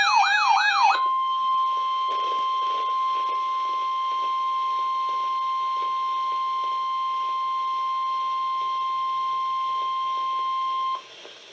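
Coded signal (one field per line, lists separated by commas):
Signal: Emergency Alert System (SAME) tones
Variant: 1050 Hz attention tone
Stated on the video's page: Special Marine Warning from NOAA Weather Radio station KIH28, Sterling VA forecast office.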